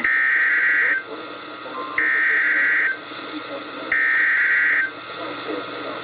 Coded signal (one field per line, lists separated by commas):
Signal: Emergency Alert System (SAME) tones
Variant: header bursts